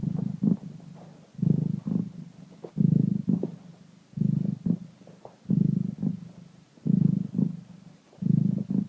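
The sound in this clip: Cat purring: low, rumbling rhythmic bursts that swell and fade roughly every second and a half, with quieter gaps between.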